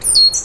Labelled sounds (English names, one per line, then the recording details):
Stitchbird song
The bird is a male
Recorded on Tiritiri Matangi Island, New Zealand, in 2005
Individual 12, of nest box 16